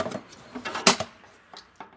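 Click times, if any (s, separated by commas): 0.9 s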